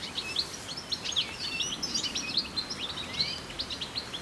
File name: Carduelis carduelis